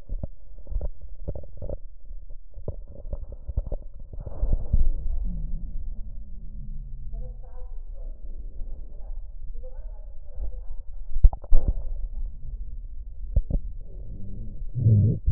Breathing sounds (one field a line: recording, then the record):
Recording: lung sounds by stethoscope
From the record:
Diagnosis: chronic bronchitis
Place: left posterior upper chest